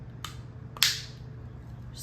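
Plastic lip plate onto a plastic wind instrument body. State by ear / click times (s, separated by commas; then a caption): seated / 0.8 s. A plastic flute lip plate, lined up by its dimple, is pressed onto the plastic body of a recorder/flute instrument. A faint tap at 0.25 s and a light contact at 0.8 s lead into a sharp, bright snap at 0.8 s. The lip plate seats firmly in place.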